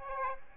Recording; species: mosquito wingbeat signal from an infrared sensor; Aedes aegypti